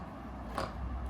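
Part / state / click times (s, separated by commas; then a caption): wheelchair frame lever into its latch / seated / 0.6 s. A wheelchair folding lever is moved outwards, then inwards, until the latch on the frame clicks into place. A single sharp click is heard at 0.6 s over low background noise, and the lever is latched home.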